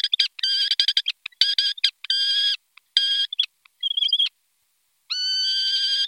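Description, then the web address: Falcon calling with rapid stuttering chatter breaking into drawn-out harsh screams, a silent pause, then one long sustained scream at the end. "zvuky divociny. sokol"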